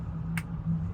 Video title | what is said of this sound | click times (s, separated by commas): Solar Upgrade ~ Sailing Free Spirit | Shove it up in there till you hear a click. | 0.4 s